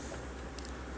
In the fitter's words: there you go yeah that worked i didn't have to look at it i was kind of fluky i was just seeing if i could do it and it clicked in place so great